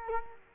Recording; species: mosquito wingbeat signal from an infrared sensor; Culex quinquefasciatus